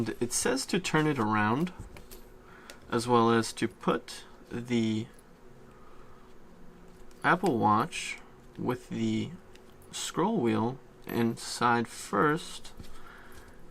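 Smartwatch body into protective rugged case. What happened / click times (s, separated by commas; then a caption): Small device being fitted into a protective case, not yet clicked in / none. Someone talks while lining up an Apple Watch 4 body in a rugged plastic and rubber case, guiding it in scroll wheel side first before pressing it home. Only faint handling taps are heard between the talk, and the watch has not clicked into the case yet.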